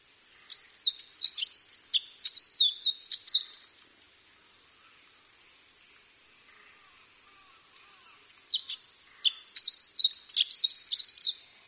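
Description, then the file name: Olive-backed pipit song: two high, rapid phrases of thin chirps, trills and sweeping notes, each lasting about three and a half seconds, separated by a four-second quiet gap. "binzui"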